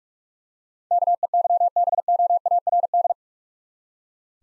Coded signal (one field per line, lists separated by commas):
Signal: Morse code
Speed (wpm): 46 wpm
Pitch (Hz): 700 Hz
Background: none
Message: KEYBOARD